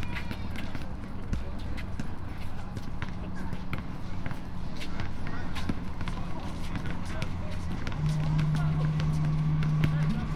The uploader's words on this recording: Vespertine wandering out with my recorder. In a nearby park, autumn turning to winter people riding bicycles playing basketball and tennis jogging walking dogs walking home going out.